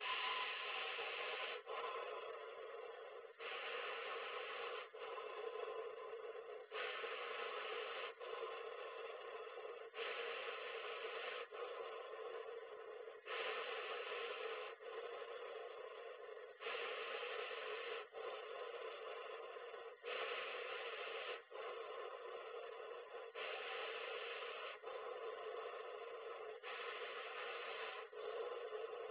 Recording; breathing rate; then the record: paced breathing near a phone; 18 breaths a minute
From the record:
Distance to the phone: 20 cm